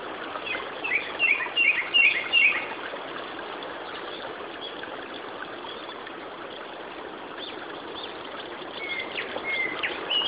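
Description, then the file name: Japanese thrush uttering a quick series of sharp, high whistled notes early on, then quiet hiss with a few faint whistles near the end. "Turdus cardis"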